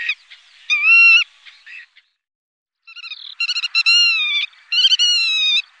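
Black-tailed godwit giving drawn-out nasal calls, a pause, then a run of longer, slightly wavering calls.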